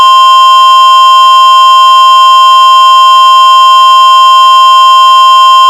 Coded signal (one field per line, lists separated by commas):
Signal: Emergency Alert System (SAME) tones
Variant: 1050 Hz attention tone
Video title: EAS Scenario - The Big One